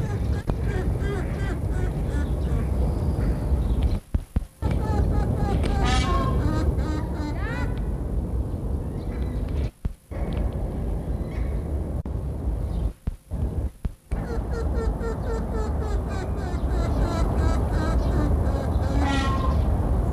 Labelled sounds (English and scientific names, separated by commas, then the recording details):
Snow Leopard (Uncia uncia) call
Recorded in captivity
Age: adult
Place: Tierpark Berlin, Berlin, DE
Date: 1962-12-08 15:00
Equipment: Minifon, Kopie Smaragd
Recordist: Tembrock, Günter
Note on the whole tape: Laute gegen Beobachter, Intentionen zum Pfotenschlagen. Abstand 2 m